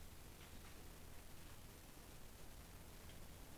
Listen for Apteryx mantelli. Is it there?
no